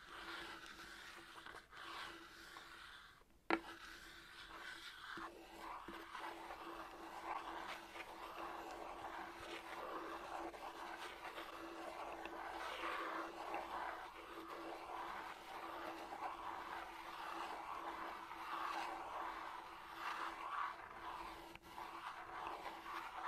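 Chalk being scratched and rubbed in a steady, dense scraping texture, with a sharp tap near three seconds and a faint constant low tone throughout.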